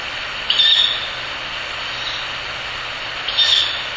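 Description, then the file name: Ural Owl chick producing two sharp, breathy hisses, one early and one late, with steady noise filling the background. Owl chick (owlet). "フクロウ雛 遠藤"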